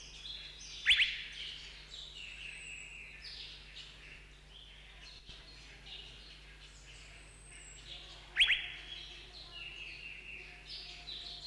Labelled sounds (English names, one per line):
Asian Fairy-bluebird